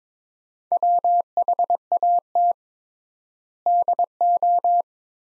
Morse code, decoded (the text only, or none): WHAT DO